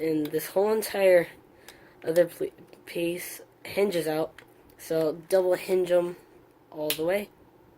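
Someone talks while handling the plastic wing panels of a transforming action figure, double-hinging them all the way down at the toy's panel hinges, with faint handling noise between the words. Nothing has seated or clicked yet; the clip ends just before the part goes home.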